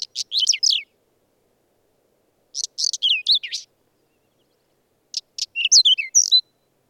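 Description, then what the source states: Whinchat song: three short, high scratchy phrases mixing dry rattled notes with brief whistled slurs, delivered about every two and a half seconds against a silent background. Recorded in the mountains.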